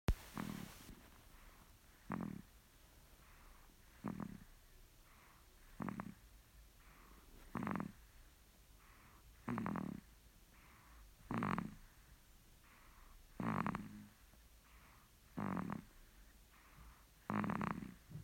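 A steady run of about ten low, buzzing snore bursts, roughly one every two seconds (about 30 a minute), with quiet gaps between them. This is ordinary snoring in a sleeping dog.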